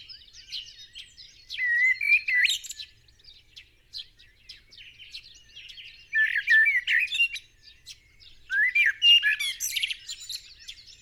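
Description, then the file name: Common blackbird singing mellow fluted phrases, each ending in a thin squeaky twitter, in three bursts with faint high chirping between. "Turdus merula"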